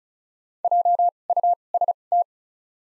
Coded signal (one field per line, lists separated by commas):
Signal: Morse code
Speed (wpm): 36 wpm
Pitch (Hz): 700 Hz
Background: none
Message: JUST